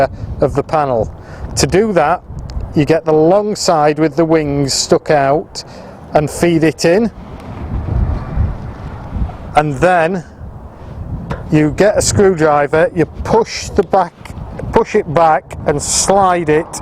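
Someone talks while a captive nut, a metal nut with a spring clip, is fed long side first with its wings stuck out into the slot in the steel corner of an ERDE or Daxara trailer body while fitting extension panels. A brief sharp sound is heard at about 11.3 s over background wind. The nut is only being positioned and has not clicked into place yet; it is later pushed back and slid down with a screwdriver.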